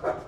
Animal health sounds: pig call; growing-finishing pig (85 days or more)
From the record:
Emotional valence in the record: positive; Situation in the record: run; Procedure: transit

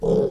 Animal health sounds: pig call; piglet (1 to 25 days)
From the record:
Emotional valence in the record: negative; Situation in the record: long isolation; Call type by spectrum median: low-frequency call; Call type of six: low-frequency tonal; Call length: 0.31 s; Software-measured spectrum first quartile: 223 Hz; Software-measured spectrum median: 396 Hz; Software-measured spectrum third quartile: 473 Hz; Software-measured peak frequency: 440 Hz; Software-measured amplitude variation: 121 dB a second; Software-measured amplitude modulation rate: 17.6 a second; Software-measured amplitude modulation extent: 6.9 dB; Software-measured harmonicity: 5.0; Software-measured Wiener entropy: -0.96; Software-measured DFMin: 1575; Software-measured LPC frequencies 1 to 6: 450, 3279, 5161, 5906, 6706, 7318 Hz

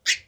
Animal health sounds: pig call; piglet (1 to 25 days)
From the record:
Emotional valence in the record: negative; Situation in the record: restrain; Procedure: back test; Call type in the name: high-frequency call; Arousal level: medium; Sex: male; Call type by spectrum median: high-frequency call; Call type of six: high-frequency stable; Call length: 0.28 s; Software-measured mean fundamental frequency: 309 Hz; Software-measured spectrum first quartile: 2336 Hz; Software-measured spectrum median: 3495 Hz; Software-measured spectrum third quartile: 5425 Hz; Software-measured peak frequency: 1940 Hz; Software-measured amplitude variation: 328 dB a second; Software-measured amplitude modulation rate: 5.4 a second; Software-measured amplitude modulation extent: 61.2 dB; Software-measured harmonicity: 1.7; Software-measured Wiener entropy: -1.78

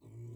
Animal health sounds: pig call; weaner (32 to 43 days)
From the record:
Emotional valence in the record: negative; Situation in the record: restrain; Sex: male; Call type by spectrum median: low-frequency call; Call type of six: low-frequency stable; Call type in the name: low-frequency stable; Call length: 0.37 s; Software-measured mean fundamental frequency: 53 Hz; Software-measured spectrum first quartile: 115 Hz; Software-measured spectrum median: 152 Hz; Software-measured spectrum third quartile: 338 Hz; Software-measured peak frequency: 114 Hz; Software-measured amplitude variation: 82 dB a second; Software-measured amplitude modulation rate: 13.6 a second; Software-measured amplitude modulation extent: 6.0 dB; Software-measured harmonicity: 10.5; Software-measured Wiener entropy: 1.03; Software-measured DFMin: 1129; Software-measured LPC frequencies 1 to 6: 2225, 3059, 3909, 4828, 6034, 6977 Hz

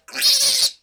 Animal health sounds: pig call; piglet (1 to 25 days)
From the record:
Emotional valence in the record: negative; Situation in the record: restrain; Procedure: back test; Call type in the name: high-frequency call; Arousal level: maximum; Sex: female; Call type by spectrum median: high-frequency call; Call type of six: high-frequency stable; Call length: 0.83 s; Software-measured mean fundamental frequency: 291 Hz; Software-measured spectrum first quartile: 4381 Hz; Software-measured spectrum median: 5313 Hz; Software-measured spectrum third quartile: 7484 Hz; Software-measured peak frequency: 4367 Hz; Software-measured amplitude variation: 184 dB a second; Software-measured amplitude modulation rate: 15.6 a second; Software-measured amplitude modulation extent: 11.8 dB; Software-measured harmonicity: 3.5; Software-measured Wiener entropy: -2.08

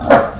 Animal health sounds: pig call; growing-finishing pig (85 days or more)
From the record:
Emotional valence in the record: positive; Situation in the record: run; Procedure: transit

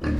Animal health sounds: pig call; growing-finishing pig (85 days or more)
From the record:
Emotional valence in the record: negative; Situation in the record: barren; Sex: female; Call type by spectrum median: low-frequency call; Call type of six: low-frequency stable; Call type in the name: low-frequency stable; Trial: 3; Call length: 0.20 s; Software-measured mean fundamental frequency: 48 Hz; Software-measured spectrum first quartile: 92 Hz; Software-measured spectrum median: 227 Hz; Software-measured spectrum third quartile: 465 Hz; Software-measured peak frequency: 74 Hz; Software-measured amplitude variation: 94 dB a second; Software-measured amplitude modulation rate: 27.4 a second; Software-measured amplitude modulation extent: 3.4 dB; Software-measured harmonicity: -3.6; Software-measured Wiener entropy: -0.67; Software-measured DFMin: 774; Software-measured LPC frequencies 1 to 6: 306, 1170, 1721, 2563, 4209, 4886 Hz

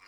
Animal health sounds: pig call; piglet (1 to 25 days)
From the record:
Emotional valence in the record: positive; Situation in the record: reunion after long isolation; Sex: female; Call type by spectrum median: low-frequency call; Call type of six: low-frequency tonal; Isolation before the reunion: 8 minutes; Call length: 0.09 s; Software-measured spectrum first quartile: 1464 Hz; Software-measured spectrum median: 2203 Hz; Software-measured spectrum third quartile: 3342 Hz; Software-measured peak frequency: 2345 Hz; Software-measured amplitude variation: 41 dB a second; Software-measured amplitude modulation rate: 11.7 a second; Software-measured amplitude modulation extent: 3.5 dB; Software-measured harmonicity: 0.3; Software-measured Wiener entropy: -1.11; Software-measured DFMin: 646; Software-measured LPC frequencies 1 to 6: 1135, 2251, 4220, 4981, 7049, 8547 Hz

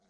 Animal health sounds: pig call; piglet (1 to 25 days)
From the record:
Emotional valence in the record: positive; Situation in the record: short reunion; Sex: female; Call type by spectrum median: low-frequency call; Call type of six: low-frequency stable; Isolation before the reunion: 3 minutes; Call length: 0.10 s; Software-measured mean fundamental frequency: 49 Hz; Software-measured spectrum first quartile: 407 Hz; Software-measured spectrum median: 1004 Hz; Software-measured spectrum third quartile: 4917 Hz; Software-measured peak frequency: 200 Hz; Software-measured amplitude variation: 32 dB a second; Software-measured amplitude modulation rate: 10.1 a second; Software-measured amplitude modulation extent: 3.2 dB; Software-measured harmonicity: 3.0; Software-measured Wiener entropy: -2.27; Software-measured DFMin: 598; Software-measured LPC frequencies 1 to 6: 627, 1450, 3613, 4043, 4931, 5729 Hz

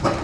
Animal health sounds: pig call; growing-finishing pig (85 days or more)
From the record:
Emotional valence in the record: positive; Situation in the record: run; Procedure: transit

